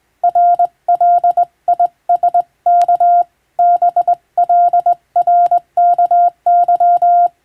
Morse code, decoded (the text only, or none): RLISK BLRKY